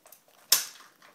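The swivel joint of the mop head of an H2O Mop X5 steam mop is pushed into its hole in the steam mop's plastic main body until the lock button catches. A single sharp, loud click lands at 0.5 s, with a brief ringing tail and only faint handling ticks around it. The swivel joint locks into the main body and is seated.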